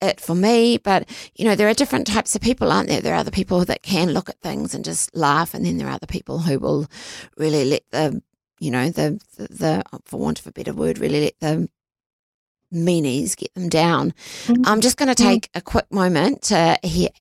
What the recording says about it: You can probably hear with my voice at the moment. I've got a voice disorder.